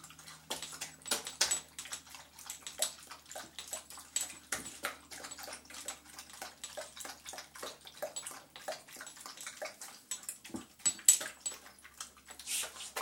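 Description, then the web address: Beagle lapping water, a rapid run of wet, splashy licks continuing through the whole stretch. Beagle drinking water indoors. "Sound Effects-BBC Dogs Beagles BBC"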